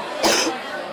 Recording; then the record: coughing mixed with background sound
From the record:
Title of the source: 61 morning phlegmy cough...again